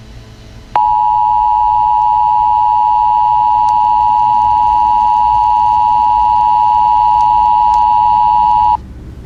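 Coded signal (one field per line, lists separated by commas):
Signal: Emergency Alert System (SAME) tones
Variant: 853 and 960 Hz attention tone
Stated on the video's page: Simulated EAS scenario, not a real alert.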